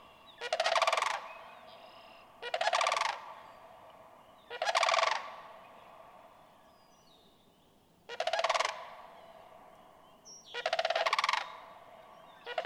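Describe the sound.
Sandhill crane gives several loud rolling, rattled bugle calls, each under a second, spaced about two seconds apart with a longer gap midway.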